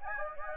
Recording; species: mosquito wingbeat signal from an infrared sensor; Anopheles gambiae